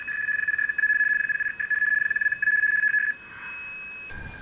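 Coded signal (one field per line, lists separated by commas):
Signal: RTTY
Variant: CARB broadcast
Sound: fast warbling two-tone teletype chatter, steady then fading out near the end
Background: radio static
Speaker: Channel availability and receipt broadcast CB that's what this carb thing is I'm receiving it at the moment it's rtt y you know radio tety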